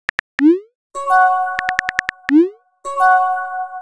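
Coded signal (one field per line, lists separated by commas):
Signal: none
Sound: game music sound effects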